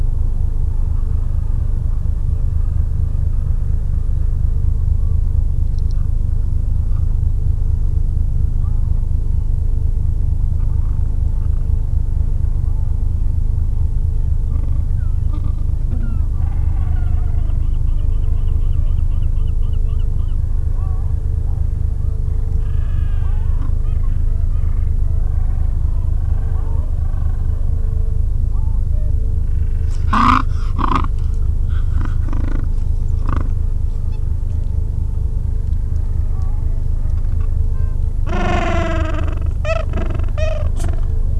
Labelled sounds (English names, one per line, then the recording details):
Gentoo Penguin
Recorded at the colony at Pleneau Island, Antarctica, on 3 January 2015
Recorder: Song Meter SM2+